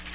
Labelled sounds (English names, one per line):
Magnolia Warbler flight call